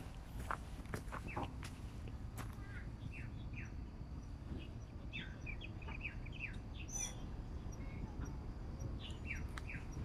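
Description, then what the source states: White-browed laughingthrush calls: short, quiet chirps given in loose irregular series throughout, over a steady low rumble of background noise. Recorded on 19 October 2019.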